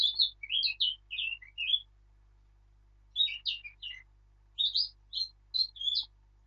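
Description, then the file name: Eurasian blackcap delivering three warbled phrases of bright, bouncing notes, with a pause of over a second between the first and second. "Sylvia atricapilla"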